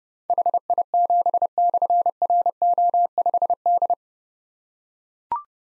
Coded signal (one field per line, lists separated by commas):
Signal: Morse code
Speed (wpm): 30 wpm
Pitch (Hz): 700 Hz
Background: none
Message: HI7/RO5D